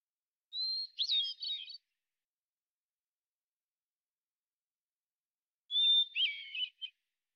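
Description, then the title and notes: Hermit thrush giving two song phrases about five seconds apart, each a pure whistled opening note followed by a rapid series of fluty, spiralling notes; silence between. Single individual in Washington, Pacific Northwest, United States; song sequence isolated from original recording at natural pace and rhythm, ending with examples of eight basic phonemes and variants. "BIRDSong Thrushes And Allies - Hermit Thrush. Hermit Thrush, Catharus guttatus, individual performance, song sequence with an end block of example 8 basic phonemes and variants, isolated from original, natural pace and rhythm maintained Recorded in the beautiful Pacific Northwest, Washington, United States"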